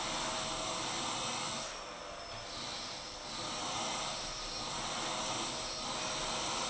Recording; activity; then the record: daily activity, microphone in the room; vacuum cleaning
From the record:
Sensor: 5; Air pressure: 988.8 hPa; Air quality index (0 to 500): 236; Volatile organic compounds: 200 ppm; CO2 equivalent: 4213 ppm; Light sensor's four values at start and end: 40/124/48/51 and 40/124/48/51